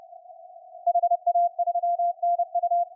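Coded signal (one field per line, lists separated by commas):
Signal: Morse code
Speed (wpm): 28 wpm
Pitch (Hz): 690 Hz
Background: none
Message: HA3NU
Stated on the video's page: CW contacts in the WAE contest using a SunSDR2 DX transceiver.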